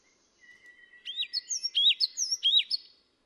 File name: 黃山雀